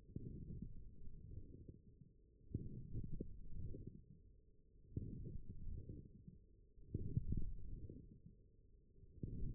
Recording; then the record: forearm muscle sounds (acoustic myography)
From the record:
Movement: forearm pronation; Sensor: system 1, eight BSWA MPA416 microphones around the upper forearm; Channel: 4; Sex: male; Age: 42 years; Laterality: right